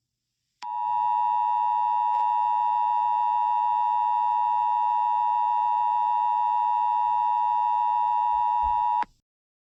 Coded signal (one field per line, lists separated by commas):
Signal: Emergency Alert System (SAME) tones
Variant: 853 and 960 Hz attention tone